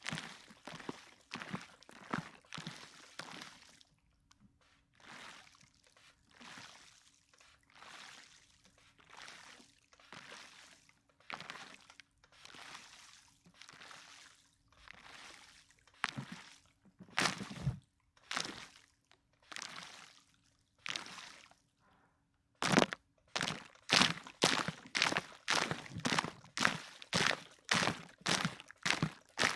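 A spray bottle is squeezed over and over, each squirt a short, bright hiss. For the first twenty seconds the sprays come at an uneven pace over a faint steady hum; after a brief pause they return louder, quicker and more regular.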